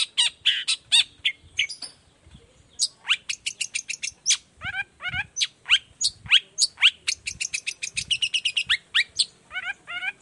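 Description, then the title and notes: Long-tailed shrike song, a fast varied stream of sharp chirps and descending buzzy notes with short pauses between phrases. Cendet song in the morning, varied toet toet notes, used as a lure to prompt other shrikes of any kind to reply quickly. "Cendet Gacor Dor Di Kala Pagi Toet Toet Variasi Suara. Cendet Gacor Efektif Pancingan Buat Cendet Jenis Apapun Agar Cepat Nyaut Buka Paruh. Burung cendet"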